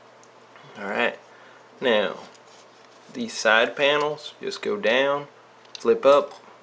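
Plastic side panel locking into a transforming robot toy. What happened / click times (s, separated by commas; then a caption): Plastic panels handled, not yet seated / none. Plastic side panels on a transforming robot toy are folded down and flipped up by hand while someone talks. Only faint handling sounds are heard under the speech, and nothing has seated or clicked into place yet.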